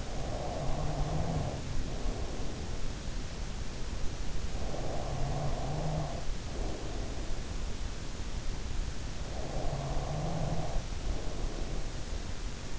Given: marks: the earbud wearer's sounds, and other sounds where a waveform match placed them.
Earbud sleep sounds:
sounds in sleep by an in-ear microphone; snoring breath
0.00-3.49 s: snoring breath
4.33-8.44 s: snoring breath
9.28-12.79 s: snoring breath

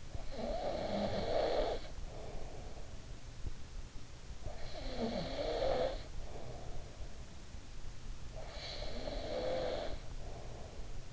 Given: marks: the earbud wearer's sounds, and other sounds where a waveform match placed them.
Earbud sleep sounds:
sounds in sleep by an in-ear microphone; snoring breath
0.00-3.11 s: snoring breath
3.96-7.21 s: snoring breath
8.28-11.13 s: snoring breath

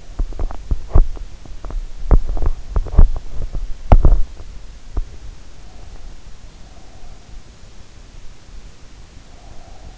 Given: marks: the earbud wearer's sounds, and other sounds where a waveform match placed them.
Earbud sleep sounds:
sounds in sleep by an in-ear microphone; teeth grinding
0.00-5.31 s: teeth grinding

